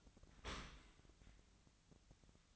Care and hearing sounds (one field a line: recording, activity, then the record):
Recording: daily activity, microphone in the room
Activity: open dishwasher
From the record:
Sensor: 3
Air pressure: 1003.0 hPa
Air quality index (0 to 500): 196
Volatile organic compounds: 6 ppm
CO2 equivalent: 1911 ppm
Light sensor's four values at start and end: 19/47/20/21 and 19/47/20/21